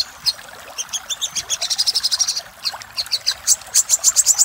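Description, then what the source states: Little spiderhunter song, high thin chips in quick irregular bursts that build into a fast ringing run, over soft steady hiss. Used for training cage birds.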